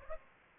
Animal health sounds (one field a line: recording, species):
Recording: mosquito wingbeat signal from an infrared sensor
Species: Aedes aegypti